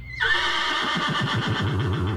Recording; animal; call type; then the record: contact call of a hoofed animal; horse; whinny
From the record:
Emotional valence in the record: positive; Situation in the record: reunion with the whole group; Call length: 2.2 s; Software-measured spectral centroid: 2220 Hz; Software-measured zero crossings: 2710 a second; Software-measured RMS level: -24 dBFS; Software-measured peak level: -10 dBFS